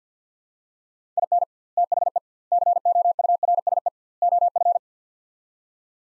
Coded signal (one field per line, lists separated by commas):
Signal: Morse code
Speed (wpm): 50 wpm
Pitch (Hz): 700 Hz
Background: none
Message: IN THE COURSE OF